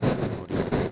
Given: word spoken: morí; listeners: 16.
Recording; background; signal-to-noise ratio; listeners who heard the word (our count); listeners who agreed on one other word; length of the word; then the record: one Spanish word in noise, from a listening test; noise modulated by one talker; -12.4 dB; 0 of 16; 7 of 16; 0.52 s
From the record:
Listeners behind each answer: 7, 2, 1, 1, 1, 1, 1, 1, 1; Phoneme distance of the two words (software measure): 7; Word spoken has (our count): 2 syllables, 4 phonemes, stress on syllable 2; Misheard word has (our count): 2 syllables, 5 phonemes, stress on syllable 2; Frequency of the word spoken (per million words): 0.38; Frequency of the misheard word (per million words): 57.09